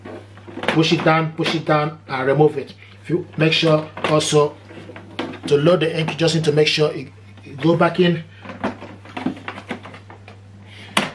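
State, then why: Seated. An ink cartridge is pushed back into the carriage of an HP DeskJet 4120e wireless inkjet printer while someone talks, with small knocks and taps along the way. A loud, sharp click at 11.0 s marks the cartridge seating home.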